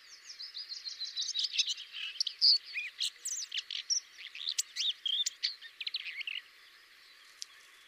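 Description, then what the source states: Common whitethroat singing a rapid series of scratchy, buzzy notes and squeaky slurs that ends abruptly after about six seconds, followed by near silence and one last click. Song variant 5.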